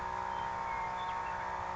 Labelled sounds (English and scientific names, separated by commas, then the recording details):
Western Meadowlark (Sturnella neglecta)
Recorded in Sonoma County, California